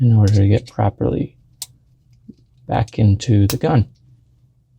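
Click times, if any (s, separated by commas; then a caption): 1.6 s. A reversible spray tip is lined up by its notch with the key on the plastic tip guard of a Graco Contractor PC airless spray gun and pushed back into the gun while someone talks. One sharp click is heard at 1.6 seconds as the tip snaps into place in the tip guard, fully seated.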